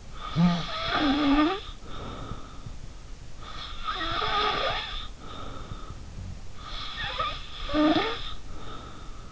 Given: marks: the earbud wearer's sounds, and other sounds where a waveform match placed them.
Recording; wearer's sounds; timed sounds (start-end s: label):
sounds in sleep by an in-ear microphone; snoring breath
0.10-2.64 s: snoring breath
3.38-5.98 s: snoring breath
6.61-9.32 s: snoring breath